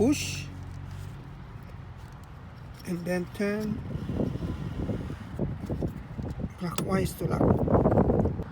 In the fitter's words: yeah you heard that click now